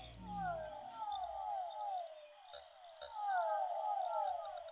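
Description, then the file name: Fischer's dwarf frog calls: a series of descending whining notes in overlapping bouts, with a pulsed high insect-like buzz and a steady high tone behind. Soundscape composition built from amphibian vocalizations of the species. "soundscape with amphibian vocalizations of physalaemus fischeri"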